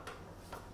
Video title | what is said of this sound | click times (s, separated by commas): Flora's Kitchen How to use a Magimix food processor | you have to line everything up in a straight line you can hear all clicks | 0.1 s, 0.5 s